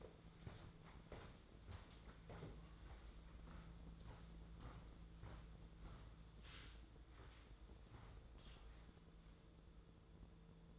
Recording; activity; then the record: daily activity, microphone in the room; walk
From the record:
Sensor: 3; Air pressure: 1005.5 hPa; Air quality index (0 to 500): 95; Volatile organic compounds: 3 ppm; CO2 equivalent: 1490 ppm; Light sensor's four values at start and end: 10/24/10/10 and 10/24/10/9